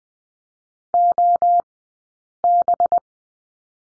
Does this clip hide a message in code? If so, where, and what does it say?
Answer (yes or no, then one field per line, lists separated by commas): yes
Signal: Morse code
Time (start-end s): 0.9-3.0 s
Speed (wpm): 20 wpm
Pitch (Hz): 700 Hz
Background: none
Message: OB